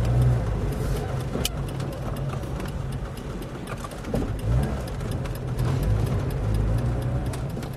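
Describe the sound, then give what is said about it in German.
An old, nearly broken car drives along a town's barbed-wire fence with a steady, low engine rumble and road noise, punctuated by occasional rattles and clunks from the vehicle throughout. “fährt uns mit seinem alten, fast kaputten Wagen am Stacheldrahtzaun der Stadt entlang.”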